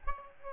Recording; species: mosquito wingbeat signal from an infrared sensor; Aedes albopictus